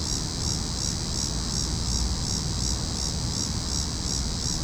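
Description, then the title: Cicadas buzzing loudly, the high drone rising and falling in quick regular throbs, over steady low background rumble. Cicadas calling in a tree. "neoscenes: cicadas in tree"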